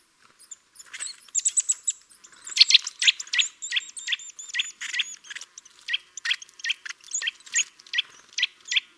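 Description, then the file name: Eurasian nuthatch calls: short sharp notes repeated rapidly in uneven runs. "Sitta europaea"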